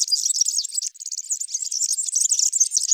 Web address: Serinus serinus